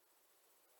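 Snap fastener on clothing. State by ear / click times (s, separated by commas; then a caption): not seated / none. A snap fastener on clothing is handled as it is about to be pressed shut. Only a steady, even broadband hiss is heard, with no distinct sounds. Nothing has seated or clicked yet.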